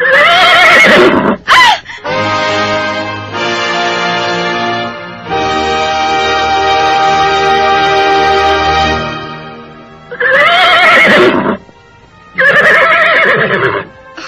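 A horse rears up and leaps high after a stone is thrown at it, letting out a long, loud, quavering neigh lasting several seconds, framed by sharp snorting bursts before and after, with no voices present.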